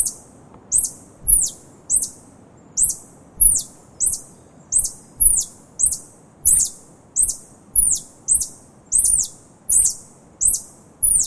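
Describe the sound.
Tarsier calling: a long run of piercing, high, falling chirps, about ninety a minute and slightly uneven in spacing, over a quiet low rumble.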